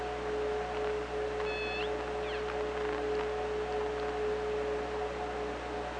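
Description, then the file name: Killer whale call, a flat, harmonic squeal that ends in an upward sweep, a shorter call after it, and hum and hiss throughout. OrcaLab hydrophone, 24 August 2017, 16:30. "Orca Lab 20170824 163009"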